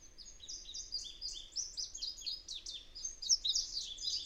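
Bird twittering rapidly, a stream of thin high chirps and short slurred notes in a jumbled flow, with a faint low hum behind.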